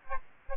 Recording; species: mosquito wingbeat signal from an infrared sensor; Aedes aegypti